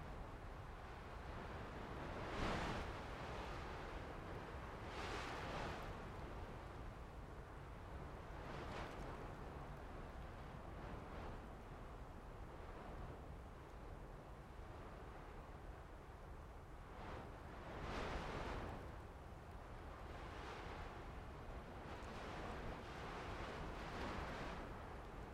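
Wind blows through sagebrush with a steady, low rumble underneath. Brief brighter rushes of rustling rise and fall every few seconds, clustering near the start and again in the last third, with a slightly stronger gust around eighteen seconds.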